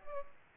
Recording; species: mosquito wingbeat signal from an infrared sensor; Culex pipiens